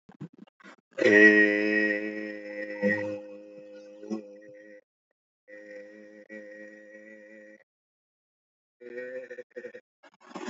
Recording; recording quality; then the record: sustained vowel as in made; excellent, no background noise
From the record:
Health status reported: healthy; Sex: male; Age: 25 years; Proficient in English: yes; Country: India